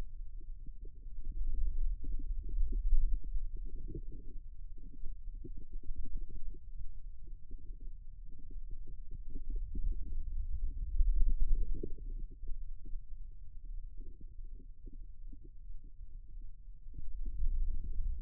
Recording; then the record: forearm muscle sounds (acoustic myography)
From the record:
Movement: wrist extension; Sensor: system 2, bracelet of six BSWA MPA416 microphones around the upper forearm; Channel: 4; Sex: male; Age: 22 years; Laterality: right